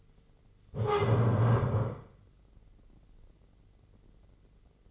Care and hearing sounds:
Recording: daily activity, microphone in the room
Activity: stand up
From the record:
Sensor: 4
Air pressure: 996.8 hPa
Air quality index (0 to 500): 240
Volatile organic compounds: 332 ppm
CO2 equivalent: 4548 ppm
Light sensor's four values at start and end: 44/108/44/44 and 44/108/44/44

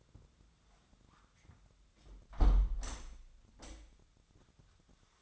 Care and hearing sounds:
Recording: daily activity, microphone in the room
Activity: close window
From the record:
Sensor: 3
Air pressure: 1006.4 hPa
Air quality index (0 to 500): 198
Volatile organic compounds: 15 ppm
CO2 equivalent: 2516 ppm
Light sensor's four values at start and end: 10/24/10/10 and 10/23/10/10

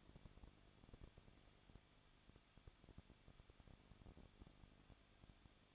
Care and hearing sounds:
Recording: daily activity, microphone in the room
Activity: no activity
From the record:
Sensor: 4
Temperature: 23.0 degrees Celsius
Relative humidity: 34.3%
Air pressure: 1007.3 hPa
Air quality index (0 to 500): 217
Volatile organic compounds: 15 ppm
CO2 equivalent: 2519 ppm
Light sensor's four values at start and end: 2/3/1/1 and 2/3/1/1

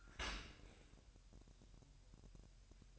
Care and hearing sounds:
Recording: daily activity, microphone in the room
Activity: open dishwasher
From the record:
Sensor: 2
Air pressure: 1000.3 hPa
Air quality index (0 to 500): 245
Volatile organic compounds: 90 ppm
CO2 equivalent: 3682 ppm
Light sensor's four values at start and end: 9/21/8/8 and 9/21/8/8

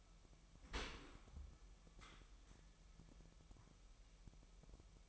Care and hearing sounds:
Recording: daily activity, microphone in the room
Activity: open dishwasher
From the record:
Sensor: 1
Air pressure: 998.4 hPa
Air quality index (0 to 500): 136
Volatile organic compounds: 4 ppm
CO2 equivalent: 1626 ppm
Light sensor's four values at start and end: 17/57/23/23 and 17/57/23/23

